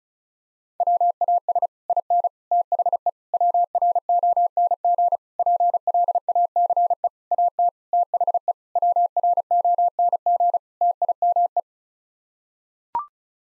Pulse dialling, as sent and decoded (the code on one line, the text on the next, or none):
none